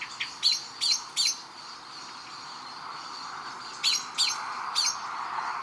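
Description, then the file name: Common blackbird uttering sharp chink notes in short bursts separated by a pause, over steady background noise. "Turdus merula"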